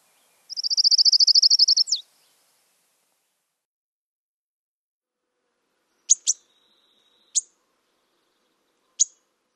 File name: Colima Warbler